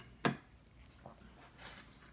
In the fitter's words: there it is. It just snapped back in place. Snapped in place right there as well.